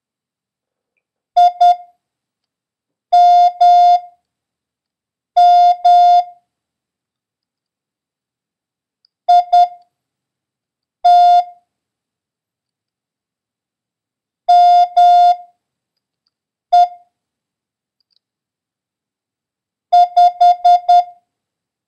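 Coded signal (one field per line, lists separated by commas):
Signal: Morse code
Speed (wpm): 10 wpm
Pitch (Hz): 710 Hz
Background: none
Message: IMM IT ME 5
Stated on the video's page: Morse code lesson drill covering the letters M, A, N and the number 0, with a random run of letters.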